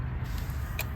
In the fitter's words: You hear it click.